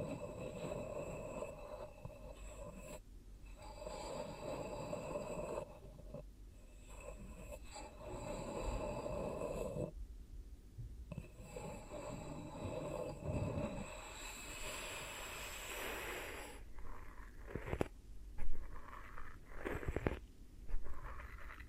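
A run of ASMR triggers: soft rustling, scratching and breathy textures moving in irregular bursts, with short quiet gaps near 3, 6 and 10 seconds. Around 15 seconds a brighter, hissy stretch rises, and the closing seconds bring a few sharper taps.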